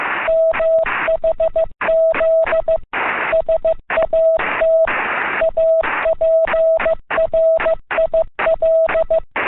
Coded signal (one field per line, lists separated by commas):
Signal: Morse code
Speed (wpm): 15 wpm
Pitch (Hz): 650 Hz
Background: none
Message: MHZ SAT APRIL